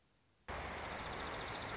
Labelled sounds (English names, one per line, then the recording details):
Dark-eyed Junco
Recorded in Sonoma County, California